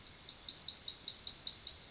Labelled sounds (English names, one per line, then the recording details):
Yellowhammer song
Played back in grassland
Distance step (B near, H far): B
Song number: 053